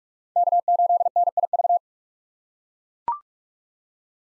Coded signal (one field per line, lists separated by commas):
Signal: Morse code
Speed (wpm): 42 wpm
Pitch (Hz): 700 Hz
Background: none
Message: K8NIV